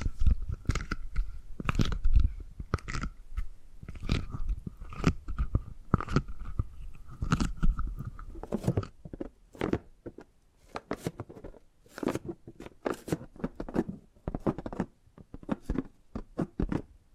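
Tapping and gripping sounds come as quick, crisp bursts about twice a second, over a faint steady tone that stops near nine seconds.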